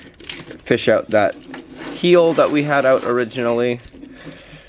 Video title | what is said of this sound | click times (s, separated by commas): Omega Megazord Review - Power Rangers Lightspeed Rescue | make sure those lock into place | 0.3 s